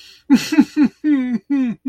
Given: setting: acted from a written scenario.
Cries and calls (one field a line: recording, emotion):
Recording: vocal sound without words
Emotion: sadness